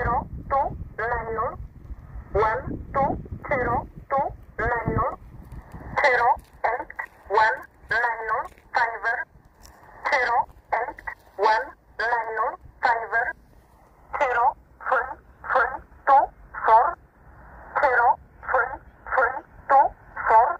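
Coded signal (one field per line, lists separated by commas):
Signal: numbers station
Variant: E11 Oblique, English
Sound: female voice reading short spoken numbers in steady rhythm over shortwave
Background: radio static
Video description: 13363 kHz USB - E11 'Oblique' Numbers Station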